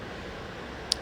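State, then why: Seated. A metal jump ring on a leather necklace is twisted closed with flat-nose and bent-nose pliers until its wire ends meet. A steady low background hiss gives way to one short, sharp click at 0.9 s. The click means the ring is closed with no gap left between the ends.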